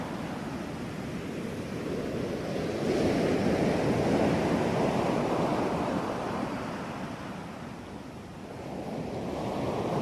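Gentle waves wash onto a beach at night, a low rushing surf that swells around three seconds, eases near eight, then rises again.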